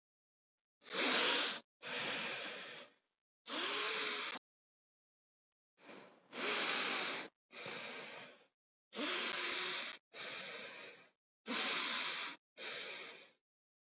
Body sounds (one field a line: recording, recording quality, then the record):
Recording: deep breathing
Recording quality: excellent, no background noise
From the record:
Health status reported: healthy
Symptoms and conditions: none ticked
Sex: male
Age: 29 years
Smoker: not ticked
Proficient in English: yes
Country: India